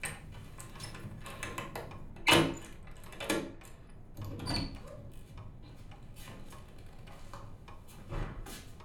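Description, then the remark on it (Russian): Metallic clicks and scraping rattles of an apartment door lock being worked with a lockpick, a few sharper clacks standing out among steady fiddling, with no voices. “Откуда у хозяина ключ от квартиры? Это магический ключ от всех дверей. Называется отмычка.”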